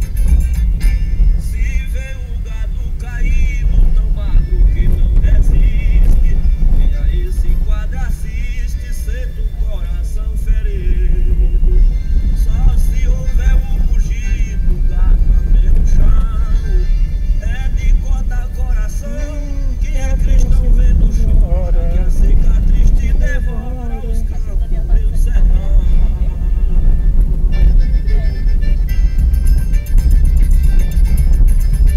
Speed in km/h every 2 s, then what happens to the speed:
20, 22, 22, 22, 22, 21, 22, 25, 25, 25, 27, 27, 28, 27, 30, 29.
0-32 speeds up to 29.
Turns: none.